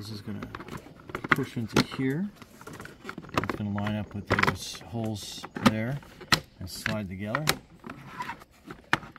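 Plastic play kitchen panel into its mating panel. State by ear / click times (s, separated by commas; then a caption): seated / 8.9 s. Two plastic panels of a VEVOR Kids Kitchen Playset 48PCS pretend play kitchen, the top piece sitting on top, are lined up with their holes and slid together while someone talks. A sharp plastic snap at 8.9 s marks the panel seating into its mating panel, and the joined panels make a stable piece.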